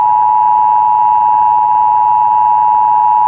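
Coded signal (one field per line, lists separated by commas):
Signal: Emergency Alert System (SAME) tones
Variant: 853 and 960 Hz attention tone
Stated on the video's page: Real Required Monthly Test aired on a St. Paul/Minneapolis television station, from a taped recording.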